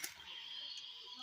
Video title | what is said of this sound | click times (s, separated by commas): Looking at some Tomy Items | he actually goes backwards, and of course he goes forward, and it locks into place. | 0.0 s